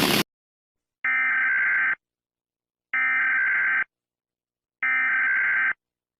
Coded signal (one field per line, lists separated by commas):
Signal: Emergency Alert System (SAME) tones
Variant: header bursts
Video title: EAS scenario 1(and 2): Andy-Nado & Andy gets mad